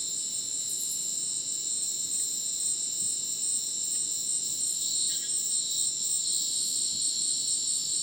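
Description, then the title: Crickets in a dense chorus of steady, high-pitched ringing and shimmering trills stacked in several bands, with faint pulsing accents above. Madidi National Park, Ucumari, Bolivia; dense rainforest just after sunset; very dense insect chorus likened to polyrhythmic electronic music; AT BP4029 microphone, MixPre 6 recorder. "Madidi National Park, Ucumari, Bolivia - Supersonic Crickets in the rainforest"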